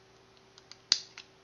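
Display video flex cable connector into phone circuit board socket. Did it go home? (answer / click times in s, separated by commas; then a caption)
yes / 0.9 s. A phone display's video flex cable connector is pressed down onto its circuit board socket during reassembly. A few faint ticks lead up to one sharp, bright snap at 0.9 s, followed by a quieter tick at 1.2 s. The connector is seated.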